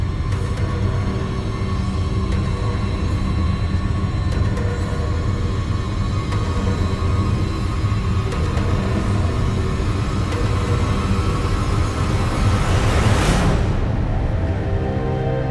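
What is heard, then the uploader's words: A distant planet ambience: a dense, steady low rumble with a droning hum and faint tonal lines running throughout. Scattered soft clicks appear early on, and around thirteen seconds a bright whooshing swell rises and fades before the drone settles again. Distant Planet Ambience.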